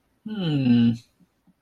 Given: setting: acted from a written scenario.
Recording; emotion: vocal sound without words; interest